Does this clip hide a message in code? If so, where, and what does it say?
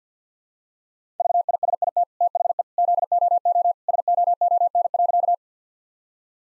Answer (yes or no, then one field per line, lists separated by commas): yes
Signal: Morse code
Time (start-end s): 1.2-5.3 s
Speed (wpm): 50 wpm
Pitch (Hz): 700 Hz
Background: none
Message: VISIT THE ZOO SOON.